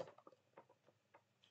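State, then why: Not seated. An interchangeable craft accessory is pushed at its holder or tool, giving a few light plastic-sounding taps and ticks near 0.0, 0.3, 0.6 and 1.1 seconds. The parts are not the same, and nothing has seated or clicked into the holder.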